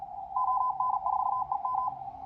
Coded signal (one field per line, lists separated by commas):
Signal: Morse code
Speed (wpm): 37 wpm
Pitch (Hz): 1010 Hz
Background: none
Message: ON4EM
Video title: QRP CW Transceiver 11: CW Filter Tuning